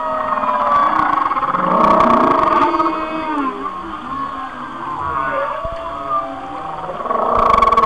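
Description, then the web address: Whale song with loud harmonic wails and sweeping upward and downward notes, rising and fading in two main surges. "Natures Songs Whale Songs Whale Songs- Mike Mc Donald"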